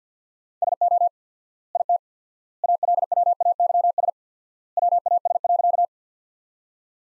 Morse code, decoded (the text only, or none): SO IT ALWAYS WAS.